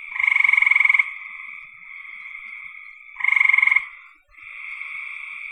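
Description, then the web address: A loud pulsed frog rattle opens, a steady buzzy trill follows, then a second rattle comes about three seconds after the first. "cn frogs"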